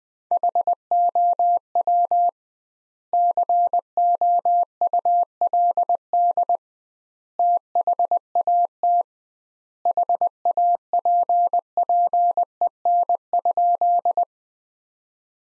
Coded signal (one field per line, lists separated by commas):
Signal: Morse code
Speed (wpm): 20 wpm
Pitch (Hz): 700 Hz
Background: none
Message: HOW COULD THAT HAPPEN?